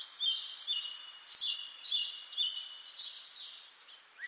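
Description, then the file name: Bird song with quick bright chirps and twittering notes, several short phrases in rapid succession. "zvuki peniia ptits"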